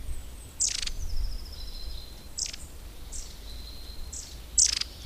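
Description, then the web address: Long-tailed tit calls: very high, thin sliding see notes mixed with short, rough, buzzy bursts, a few seconds apart, over a low rumble. "Madardalok Cd 1 Őszapó"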